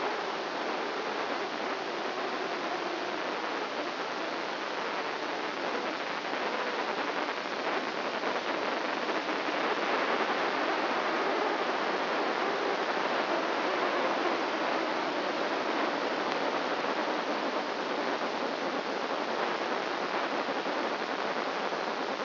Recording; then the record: brain microelectrode recording played as sound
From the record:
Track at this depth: outside the subthalamic nucleus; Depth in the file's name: 1.006 mm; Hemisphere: right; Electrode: 2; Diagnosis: Parkinson's disease